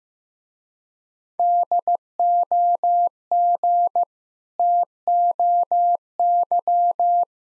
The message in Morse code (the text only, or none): DOG TOY